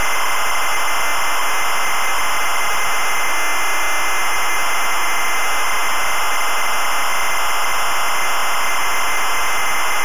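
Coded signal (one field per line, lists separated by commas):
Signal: ZX Spectrum tape loading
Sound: continuous harsh buzzing hiss with a thin high whine throughout, no pauses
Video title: Camelot Warriors (ZX Spectrum) - full tape loading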